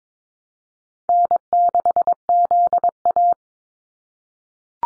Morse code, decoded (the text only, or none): N6ZA